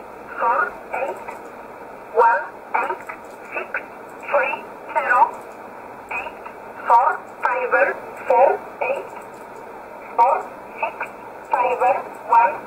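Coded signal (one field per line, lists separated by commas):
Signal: numbers station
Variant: E11 Oblique, English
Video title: 11 10 2019 E11 Oblique Numbers station in English 1008 on 7317 unknown tx site in USB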